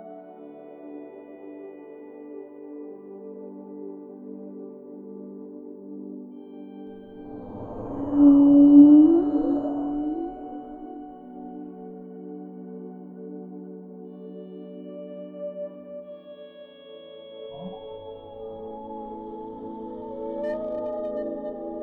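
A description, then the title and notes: Humpback whale calls over steady ambient drones, with a loud swooping moan near eight seconds and rising whistled cries after seventeen seconds. Whale Song with a mixture of Humpback whale calls, calming ocean noises and relaxing ambient music.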